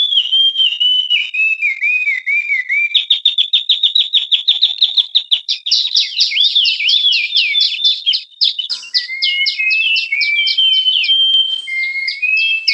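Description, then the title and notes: Songbird gives a few descending whistled phrases, then a fast series of repeated chips breaking into dense twittering and slurred whistles. Bird song described as having a melodious voice. "ND Burung. Nada Dering Burung Dengan Suara Merdu"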